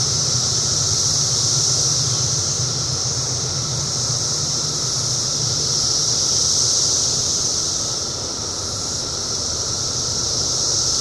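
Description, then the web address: Many cicadas produce a seamless shrill buzz that waxes and wanes slowly, over a persistent low engine-like hum. Recorded in 2004. "~paradise cicadas 2004"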